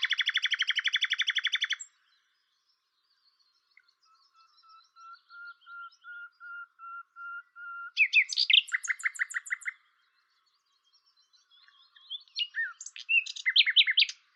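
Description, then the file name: Common nightingale song: a rapid buzzy trill, then a row of pure whistled notes swelling in loudness, followed by harsh repeated notes and varied chattering. "Luscinia megarhynchos"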